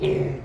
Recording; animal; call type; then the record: contact call of a hoofed animal; pig; closed-mouth grunt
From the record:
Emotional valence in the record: negative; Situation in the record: short social isolation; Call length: 0.45 s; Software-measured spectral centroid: 1410 Hz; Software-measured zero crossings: 820 a second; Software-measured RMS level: -24 dBFS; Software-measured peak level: -12 dBFS